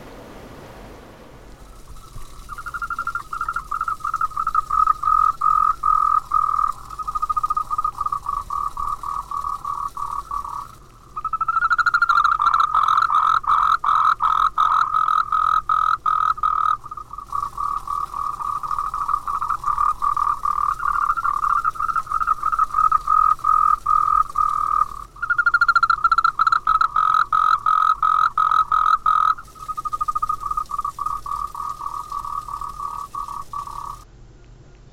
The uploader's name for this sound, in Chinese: 青蛙呱呱呱